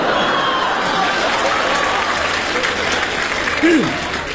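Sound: audience applause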